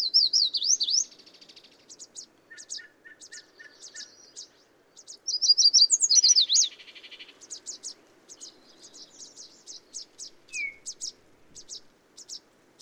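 Bird singing two bright, fast up-and-down trilled phrases separated by quick high ticks, plus a short series of lower evenly spaced notes, against faint low hum.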